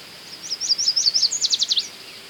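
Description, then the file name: American yellow warbler singing a quick, high, sweet phrase of rapidly repeated notes that ends in a few sharper, slurred notes, under light background hiss. "Setophaga aestiva - American Yellow Warbler"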